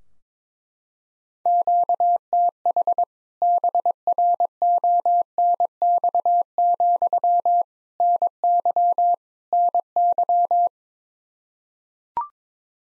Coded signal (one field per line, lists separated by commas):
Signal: Morse code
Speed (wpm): 21 wpm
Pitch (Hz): 700 Hz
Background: none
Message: QTH BRONX, NY NY